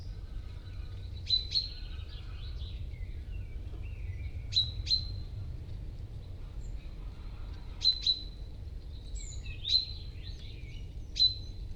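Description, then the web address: Common starling giving sharp, thin whistled notes at irregular intervals, with faint soft warbling between them and low steady background noise. "Ocells Cultura Estornino. pinto"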